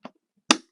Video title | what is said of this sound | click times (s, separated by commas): Mattel Disney•Pixar Cars Chick Hicks’ HTB Hauler Die-Cast Review | you gotta hear that click but who knows it doesn't go in all the way | 0.5 s